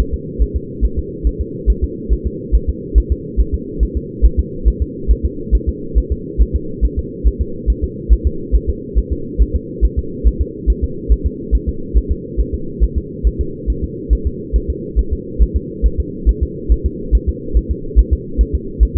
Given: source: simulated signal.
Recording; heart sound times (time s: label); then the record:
fetal heart sounds
0.00 s: S1
0.14 s: S2
0.42 s: S1
0.56 s: S2
0.85 s: S1
0.99 s: S2
1.27 s: S1
1.41 s: S2
1.70 s: S1
1.84 s: S2
2.13 s: S1
2.27 s: S2
2.55 s: S1
2.69 s: S2
2.98 s: S1
3.12 s: S2
3.40 s: S1
3.54 s: S2
3.83 s: S1
3.97 s: S2
4.25 s: S1
4.39 s: S2
4.68 s: S1
4.82 s: S2
5.11 s: S1
5.25 s: S2
5.55 s: S1
5.69 s: S2
5.98 s: S1
6.12 s: S2
6.42 s: S1
6.56 s: S2
6.85 s: S1
6.99 s: S2
7.27 s: S1
7.41 s: S2
7.70 s: S1
7.84 s: S2
8.13 s: S1
8.27 s: S2
8.55 s: S1
8.69 s: S2
8.98 s: S1
9.12 s: S2
9.42 s: S1
9.56 s: S2
9.85 s: S1
9.99 s: S2
10.27 s: S1
10.41 s: S2
10.70 s: S1
10.84 s: S2
11.12 s: S1
11.26 s: S2
11.55 s: S1
11.69 s: S2
11.97 s: S1
12.11 s: S2
12.40 s: S1
12.54 s: S2
12.84 s: S1
12.98 s: S2
13.27 s: S1
13.41 s: S2
13.70 s: S1
13.84 s: S2
14.13 s: S1
14.27 s: S2
14.56 s: S1
14.70 s: S2
14.99 s: S1
15.13 s: S2
15.42 s: S1
15.56 s: S2
15.86 s: S1
16.00 s: S2
16.29 s: S1
16.43 s: S2
16.72 s: S1
16.86 s: S2
17.15 s: S1
17.29 s: S2
17.57 s: S1
17.71 s: S2
17.99 s: S1
18.13 s: S2
18.41 s: S1
18.55 s: S2
18.83 s: S1
18.97 s: S2
From the record:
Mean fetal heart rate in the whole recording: 140 bpm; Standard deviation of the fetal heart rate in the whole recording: 2 bpm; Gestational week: 34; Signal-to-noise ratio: -4.3 dB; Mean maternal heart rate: 72 bpm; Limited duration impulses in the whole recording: absent